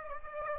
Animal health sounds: mosquito wingbeat signal from an infrared sensor; Aedes aegypti

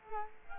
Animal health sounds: mosquito wingbeat signal from an infrared sensor; Culex quinquefasciatus

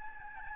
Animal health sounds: mosquito wingbeat signal from an infrared sensor; Aedes albopictus

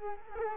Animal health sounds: mosquito wingbeat signal from an infrared sensor; Culex quinquefasciatus

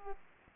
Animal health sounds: mosquito wingbeat signal from an infrared sensor; Aedes aegypti

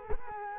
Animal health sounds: mosquito wingbeat signal from an infrared sensor; Culex quinquefasciatus

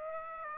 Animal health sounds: mosquito wingbeat signal from an infrared sensor; Aedes aegypti

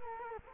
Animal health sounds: mosquito wingbeat signal from an infrared sensor; Culex quinquefasciatus

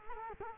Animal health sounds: mosquito wingbeat signal from an infrared sensor; Culex quinquefasciatus

